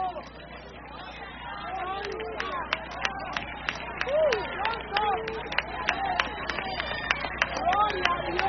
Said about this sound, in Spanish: Mientras usted aplaude,